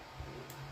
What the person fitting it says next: And when I close it, I hear a click.